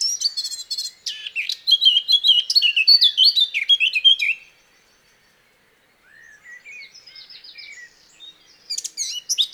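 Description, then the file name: Eurasian blackcap pours out a loud, fast warble for about four seconds, then a pause, soft buzzy trills and a fresh burst of notes. "Sylvia atricapilla"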